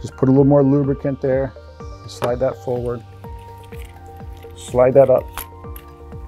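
A rubber strain-relief boot is slid forward over the ribs on the back of a coaxial cable connector after a little more lubricant is applied, while someone talks. Faint soft handling sounds and small ticks are heard under the speech and background music. The boot has not snapped into place yet; nothing has seated or clicked in this clip.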